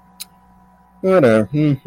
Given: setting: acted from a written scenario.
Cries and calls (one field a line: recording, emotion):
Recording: vocal sound without words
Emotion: neutral